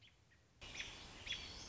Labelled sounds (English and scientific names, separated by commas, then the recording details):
American Robin (Turdus migratorius)
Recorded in Sonoma County, California